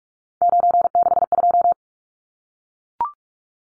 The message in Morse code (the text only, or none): 962